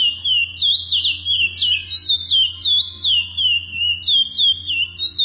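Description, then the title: Chestnut-bellied seed finch singing a continuous flowing string of sweet whistled notes that swoop up and down, roughly three a second, over a steady low hum. "Canto De Curio"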